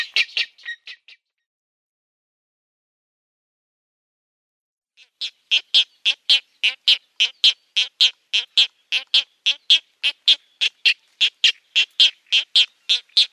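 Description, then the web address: Great egret nestlings calling with a short burst of rasping notes, a silent gap of about four seconds, then a long regular series of harsh clicking calls. "Schulze Peter Great Egret nestlings"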